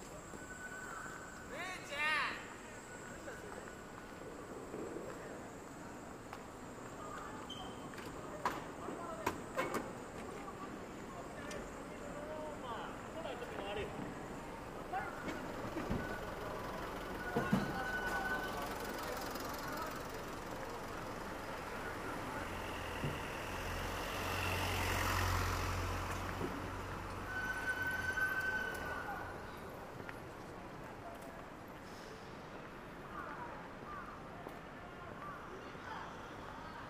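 A busy Saturday morning street in Shinjuku: a steady bed of traffic and murmured voices runs throughout. A vehicle swells past around the middle, with a low rumble near twenty-five seconds, and brief clicks, clatters and short tonal beeps punctuate the scene.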